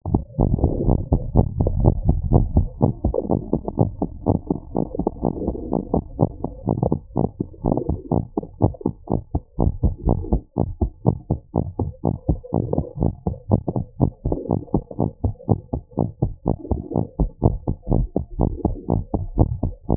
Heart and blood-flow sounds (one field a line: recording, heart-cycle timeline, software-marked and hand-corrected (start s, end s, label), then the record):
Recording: heart sounds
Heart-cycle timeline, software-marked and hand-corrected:
0.00	0.12	systole
0.12	0.24	S2
0.24	0.40	diastole
0.40	0.54	S1
0.54	0.62	systole
0.62	0.74	S2
0.74	0.86	diastole
0.86	1.00	S1
1.00	1.10	systole
1.10	1.20	S2
1.20	1.34	diastole
1.34	1.48	S1
1.48	1.58	systole
1.58	1.68	S2
1.68	1.80	diastole
1.80	1.96	S1
1.96	2.06	systole
2.06	2.20	S2
2.20	2.32	diastole
2.32	2.48	S1
2.48	2.54	systole
2.54	2.68	S2
2.68	2.82	diastole
2.82	2.94	S1
2.94	3.04	systole
3.04	3.16	S2
3.16	3.32	diastole
3.32	3.42	S1
3.42	3.54	systole
3.54	3.64	S2
3.64	3.80	diastole
3.80	3.92	S1
3.92	4.02	systole
4.02	4.12	S2
4.12	4.28	diastole
4.28	4.40	S1
4.40	4.50	systole
4.50	4.60	S2
4.60	4.76	diastole
4.76	4.86	S1
4.86	4.98	systole
4.98	5.08	S2
5.08	5.24	diastole
5.24	5.34	S1
5.34	5.46	systole
5.46	5.56	S2
5.56	5.70	diastole
5.70	5.82	S1
5.82	5.94	systole
5.94	6.04	S2
6.04	6.20	diastole
6.20	6.30	S1
6.30	6.42	systole
6.42	6.52	S2
6.52	6.68	diastole
6.68	6.78	S1
6.78	6.90	systole
6.90	7.00	S2
7.00	7.16	diastole
7.16	7.28	S1
7.28	7.40	systole
7.40	7.48	S2
7.48	7.66	diastole
7.66	7.78	S1
7.78	7.88	systole
7.88	7.98	S2
7.98	8.12	diastole
8.12	8.24	S1
8.24	8.38	systole
8.38	8.46	S2
8.46	8.62	diastole
8.62	8.74	S1
8.74	8.86	systole
8.86	8.94	S2
8.94	9.12	diastole
9.12	9.22	S1
9.22	9.34	systole
9.34	9.42	S2
9.42	9.60	diastole
9.60	9.74	S1
9.74	9.84	systole
9.84	9.94	S2
9.94	10.06	diastole
10.06	10.20	S1
10.20	10.30	systole
10.30	10.42	S2
10.42	10.60	diastole
10.60	10.72	S1
10.72	10.82	systole
10.82	10.90	S2
10.90	11.06	diastole
11.06	11.18	S1
11.18	11.30	systole
11.30	11.40	S2
11.40	11.56	diastole
11.56	11.68	S1
11.68	11.80	systole
11.80	11.90	S2
11.90	12.06	diastole
12.06	12.16	S1
12.16	12.30	systole
12.30	12.40	S2
12.40	12.58	diastole
12.58	12.68	S1
12.68	12.76	systole
12.76	12.86	S2
12.86	13.02	diastole
13.02	13.14	S1
13.14	13.28	systole
13.28	13.36	S2
13.36	13.52	diastole
13.52	13.62	S1
13.62	13.74	systole
13.74	13.84	S2
13.84	14.02	diastole
14.02	14.12	S1
14.12	14.26	systole
14.26	14.38	S2
14.38	14.52	diastole
14.52	14.62	S1
14.62	14.74	systole
14.74	14.84	S2
14.84	15.00	diastole
15.00	15.12	S1
15.12	15.24	systole
15.24	15.34	S2
15.34	15.50	diastole
15.50	15.60	S1
15.60	15.74	systole
15.74	15.82	S2
15.82	15.98	diastole
15.98	16.10	S1
16.10	16.22	systole
16.22	16.32	S2
16.32	16.48	diastole
16.48	16.58	S1
16.58	16.72	systole
16.72	16.82	S2
16.82	16.96	diastole
16.96	17.06	S1
17.06	17.20	systole
17.20	17.30	S2
17.30	17.44	diastole
17.44	17.58	S1
17.58	17.68	systole
17.68	17.76	S2
17.76	17.92	diastole
17.92	18.08	S1
18.08	18.16	systole
18.16	18.26	S2
18.26	18.40	diastole
18.40	18.54	S1
18.54	18.66	systole
18.66	18.76	S2
18.76	18.92	diastole
18.92	19.04	S1
19.04	19.14	systole
19.14	19.24	S2
19.24	19.38	diastole
19.38	19.50	S1
19.50	19.64	systole
19.64	19.74	S2
19.74	19.90	diastole
19.90	19.97	S1
From the record:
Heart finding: abnormal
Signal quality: good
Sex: female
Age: 35 years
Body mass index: 31.1